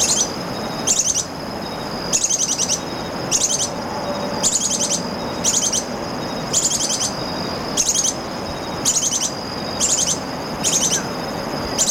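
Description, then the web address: Ash-browed spinetail song: short, very high chattering bursts of rapid notes repeated roughly every second, over a steady thin high whine and a low rumbling background. Ecuador. "Birds of Ecuador. Ash-browed Spinetail"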